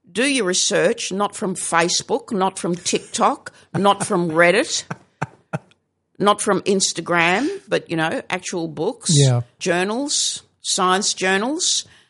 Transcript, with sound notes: do your research—not from Facebook, not from TikTok, not from Reddit… (laughs) …not from Instagram, but you know, actual books, journals, science journals,